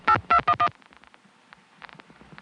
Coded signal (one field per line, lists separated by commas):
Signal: DTMF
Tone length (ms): 70 ms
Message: 8211